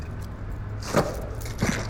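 A pocket watch thrown by Alexander Pushkin at his own portrait knocks twice against it: two short, sharp taps about two-thirds of a second apart, heard over a quiet, steady low hum.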